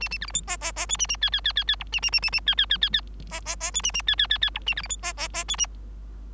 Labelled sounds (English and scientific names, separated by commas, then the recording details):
Bengalese Finch (Lonchura striata domestica) song
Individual Bird3